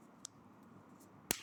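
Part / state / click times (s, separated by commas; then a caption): plastic battery cover into key fob / seated / 1.3 s. A plastic battery cover is put back on a Hyundai key fob and pressed lightly. A soft tick comes at 0.3 s, then a sharp, bright snap at 1.3 s as the cover seats in place.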